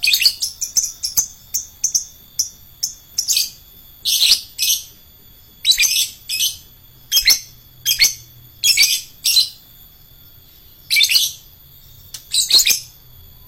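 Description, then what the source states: Lovebird song: quick high chirps at first, followed by repeated short harsh squawks and buzzy bursts, sometimes in pairs, spaced irregularly, with a steady high hum. Adult fighter lovebird.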